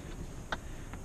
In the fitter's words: Make sure that snaps into place.